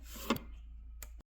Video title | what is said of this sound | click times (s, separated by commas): Nespresso Beville Vertuo Plus tear down | so I managed to unclip it and now I can pull it out. | 0.3 s